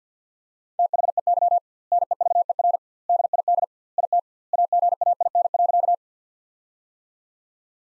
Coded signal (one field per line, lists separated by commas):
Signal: Morse code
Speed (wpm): 49 wpm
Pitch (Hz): 700 Hz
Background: none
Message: THEY NEVER DID IT AGAIN.